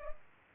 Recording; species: mosquito wingbeat signal from an infrared sensor; Culex pipiens